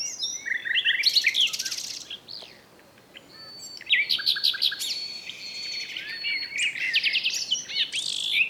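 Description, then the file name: Common nightingale singing rich, varied phrases of rapid chirps, rattles and high buzzy trills, with a brief pause midway before dense song resumes. "Luscinia megarhynchos"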